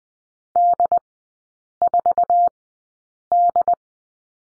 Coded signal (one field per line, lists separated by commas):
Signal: Morse code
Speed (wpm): 20 wpm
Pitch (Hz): 700 Hz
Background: none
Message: D4D